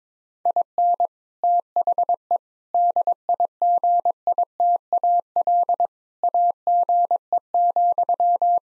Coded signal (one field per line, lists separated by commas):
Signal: Morse code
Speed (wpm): 22 wpm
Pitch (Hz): 700 Hz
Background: none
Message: IN THE DIGITAL AGE,